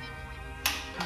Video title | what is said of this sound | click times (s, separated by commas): Completely Assembling My Powertrain (K Swapping My Si) Ep.8 | when you get to a certain tightness it does a clip like that | 0.7 s